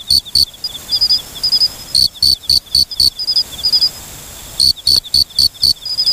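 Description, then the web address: Mori-okame cricket giving loud, sharp pulses, a pair then a run of five then another run of five, with quieter high notes between them. "sikioto insect moriokamekourogi"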